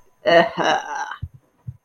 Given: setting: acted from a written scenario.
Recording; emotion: vocal sound without words; disgust